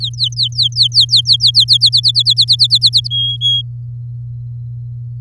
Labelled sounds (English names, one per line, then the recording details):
Domestic Canary song
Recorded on 10 May 2018 at 17:08
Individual llb16